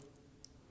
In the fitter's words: and another arrow, so I'll just connect this adapter until it clicks into place.